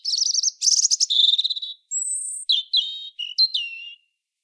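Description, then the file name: European robin singing a rich sequence: rapid buzzy trills, a very high pure whistle, then several short downslurred notes. "Erithacus rubecula"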